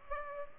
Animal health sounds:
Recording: mosquito wingbeat signal from an infrared sensor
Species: Culex pipiens

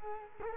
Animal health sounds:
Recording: mosquito wingbeat signal from an infrared sensor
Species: Culex quinquefasciatus

